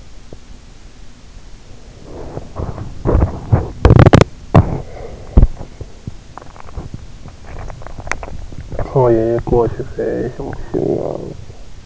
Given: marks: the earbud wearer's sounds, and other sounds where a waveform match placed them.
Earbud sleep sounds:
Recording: sounds in sleep by an in-ear microphone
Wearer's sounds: teeth grinding, talking in sleep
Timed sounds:
0.00-0.67 s: teeth grinding
1.90-11.86 s: teeth grinding
8.69-11.45 s: talking in sleep

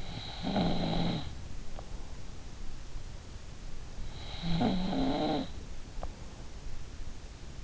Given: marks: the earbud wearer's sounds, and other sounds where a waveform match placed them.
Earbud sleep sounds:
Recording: sounds in sleep by an in-ear microphone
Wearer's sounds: snoring breath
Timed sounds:
0.00-1.99 s: snoring breath
3.59-5.94 s: snoring breath

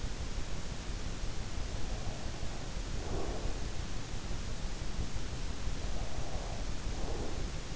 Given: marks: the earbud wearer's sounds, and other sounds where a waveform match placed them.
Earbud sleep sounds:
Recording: sounds in sleep by an in-ear microphone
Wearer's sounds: breath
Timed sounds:
2.01-4.08 s: breath
5.85-7.76 s: breath

